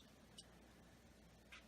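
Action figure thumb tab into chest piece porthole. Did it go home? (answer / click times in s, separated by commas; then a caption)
no / none. The plastic tab on the thumb of a Transformers Power of the Primes Deluxe Class Autobot Jazz action figure is handled toward the porthole on its plastic Power Master chest piece. Quiet handling noise carries two brief, soft high-pitched ticks near 0.4 s and 1.5 s. Nothing has clicked or seated yet.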